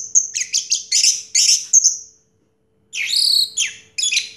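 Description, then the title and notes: Orange-headed thrush song: rapid phrases of high, buzzy and whistled notes, a short pause, then more varied chattering phrases. Anis merah song in the 'teler' style, with a clear voice. "Anis Merah Teler Suara Jernih. suara anis merah"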